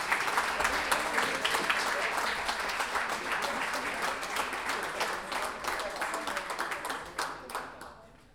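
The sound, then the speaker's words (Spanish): A crowd applauds all the participants of the Sixth Pie Forzado Tournament, a dense wash of many hands clapping at a fairly loud level that holds for several seconds, then thins out and fades toward the end. “Un aplauso grande para todos los participantes hoy día.”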